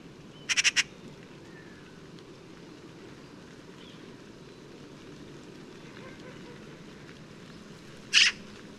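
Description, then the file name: Eurasian magpie giving two short, harsh rattling chatters, one at the start and one near the end, separated by a long stretch of low rumbling background noise. "Pica pica"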